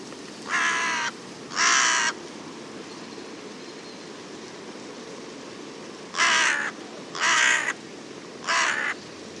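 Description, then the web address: Bird calling in raspy caws, a pair early on, then a pause of several seconds, then three more in a loose series. "cianscape. Deverinetal 2025. Bird Only"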